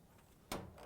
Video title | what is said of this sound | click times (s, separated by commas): How To: Whirlpool/KitchenAid/Maytag Drive Motor 279787 | make sure you get it down all the way and that it locks into place | 0.5 s